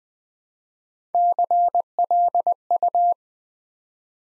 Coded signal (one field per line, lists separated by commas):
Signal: Morse code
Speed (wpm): 20 wpm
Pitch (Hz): 700 Hz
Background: none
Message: CLU